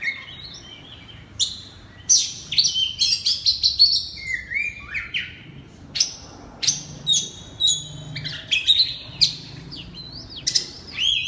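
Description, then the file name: Oriental magpie-robin singing loud, varied phrases: clear whistles, slurred rising and falling notes and scratchy bursts, delivered in quick separate snatches with brief gaps. Kacer singing in the loud, open ngeplong style. "suara kacer ngeplong keras"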